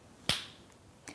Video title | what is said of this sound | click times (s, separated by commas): CODE SSL Soft Smooth Lip Liner | how you get this is by completely twisting the cap clockwise until you hear it click and then | 0.3 s